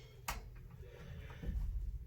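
A small blue plastic safety clip is pushed back onto the collet of a push-to-connect quick-connect fitting on an RO Buddie +DI unit, snapping into place with one sharp click at 0.3 s and a faint tick just after. Low rumbling handling noise follows, and the clip ends up seated.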